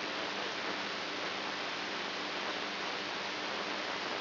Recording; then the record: brain microelectrode recording played as sound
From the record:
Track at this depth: inside the subthalamic nucleus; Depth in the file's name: 5.112 mm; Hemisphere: right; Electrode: 2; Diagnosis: Parkinson's disease